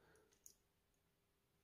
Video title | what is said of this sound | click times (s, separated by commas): come sostituire pastiglie freni a disco meccanici e-bike e non solo... | Inseriscilo facendolo scorrere fino a sentire un clic in posizione. | 0.5 s